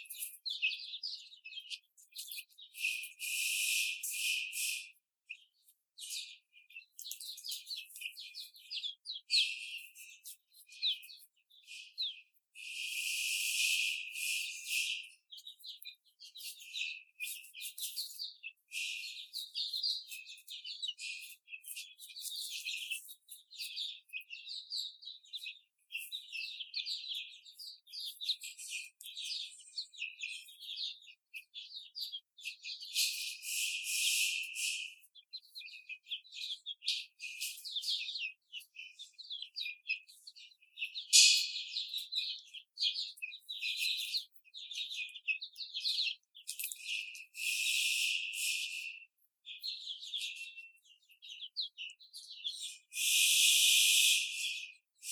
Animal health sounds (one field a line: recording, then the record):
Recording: young laying hens in a cage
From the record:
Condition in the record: before the stressor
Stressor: simulated dog barking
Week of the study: 4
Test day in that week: 2